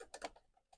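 A part of a die-cast and plastic DB5 scale model car kit is pushed onto the axle assembly over the wiring, taking care not to press on the electronic modules. Short, light plastic taps and rubbing are heard around 0.1 s and 0.2 s, with a fainter tap near 0.7 s. The part has not seated or clicked into place yet.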